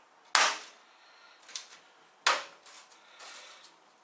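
A thin metal I/O shield is pushed into the rear opening of a PC case for a Ryzen 3 1200 budget PC build. Two sharp, bright snaps are heard at 0.4 s and 2.3 s as its edges snap into place, with a fainter click near 1.6 s and light rustling between. The shield ends up seated, fitted snugly in the case.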